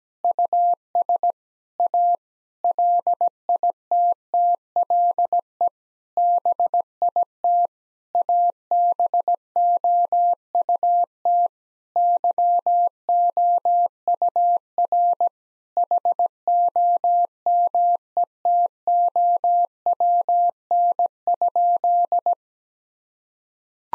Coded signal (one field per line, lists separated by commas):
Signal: Morse code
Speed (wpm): 17 wpm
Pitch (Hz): 700 Hz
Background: none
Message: US A LITTLE BIT ABOUT YOUR HOMETOWN?